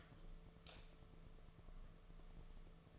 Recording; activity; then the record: daily activity, microphone in the room; light off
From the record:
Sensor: 4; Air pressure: 1015.6 hPa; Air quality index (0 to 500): 184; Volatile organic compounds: 8 ppm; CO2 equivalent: 2122 ppm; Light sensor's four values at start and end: 22/53/22/24 and 21/49/21/22